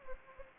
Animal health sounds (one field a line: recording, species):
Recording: mosquito wingbeat signal from an infrared sensor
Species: Anopheles gambiae